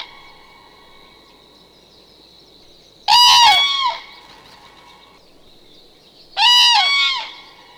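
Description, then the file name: Common crane giving two loud, rolling trumpet calls about three seconds apart, rich and brassy, over a faint steady high whine in the background. "żuraw"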